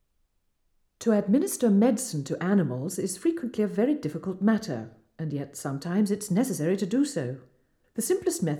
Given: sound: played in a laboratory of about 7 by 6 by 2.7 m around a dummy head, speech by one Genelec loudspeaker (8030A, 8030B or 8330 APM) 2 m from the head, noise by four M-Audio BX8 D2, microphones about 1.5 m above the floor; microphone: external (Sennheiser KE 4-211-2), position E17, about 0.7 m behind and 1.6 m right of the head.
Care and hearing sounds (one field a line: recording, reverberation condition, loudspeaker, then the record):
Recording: female speech in English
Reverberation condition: medium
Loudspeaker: 120 degrees to the right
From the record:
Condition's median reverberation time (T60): about 510 ms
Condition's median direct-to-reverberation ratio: about -0.5 dB